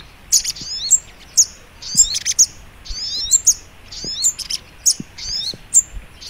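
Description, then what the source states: Little Spiderhunter song of piercing high chirps, each followed by quick descending twitters, repeated roughly once a second. Masteran (training song) of sogok ontong in the labaik song style.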